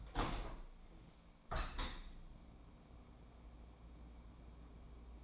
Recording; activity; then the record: daily activity, microphone in the room; open window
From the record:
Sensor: 1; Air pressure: 1012.4 hPa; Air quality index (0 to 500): 170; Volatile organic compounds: 3 ppm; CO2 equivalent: 1380 ppm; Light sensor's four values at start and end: 240/552/243/268 and 241/552/244/269